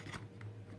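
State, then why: Seated. A Scala Rider G9x motorcycle helmet intercom unit is slid into its plastic mounting cradle clip on the side of the helmet. It snaps in with a single sharp click at 0.4 s over a low steady hum, and the unit is seated in place.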